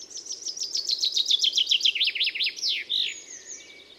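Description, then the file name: Common chaffinch song: a fast run of bright repeated notes that drops in pitch, ending in a sharp flourish, then a thinner high note at the end. "Fringilla coelebs"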